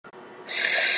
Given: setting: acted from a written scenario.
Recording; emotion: vocal sound without words; pain